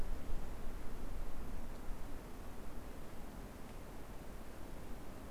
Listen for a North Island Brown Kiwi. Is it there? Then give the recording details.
no. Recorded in New Zealand on 6 February 2013. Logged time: 23:58. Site DQ55